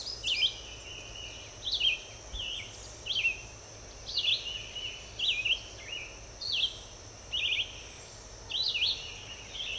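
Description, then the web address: Red-eyed vireo song: short, slurred whistled phrases, each rising or dropping, given roughly once a second with brief pauses, over a steady high insect hum. "birds vireos"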